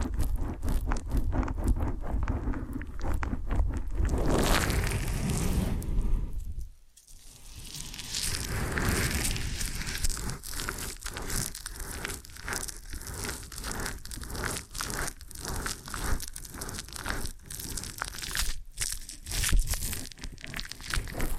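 An ear and scalp massage with dense crinkling, rubbing and scratching, a brief hush near seven seconds, then rhythmic crackly strokes repeating steadily.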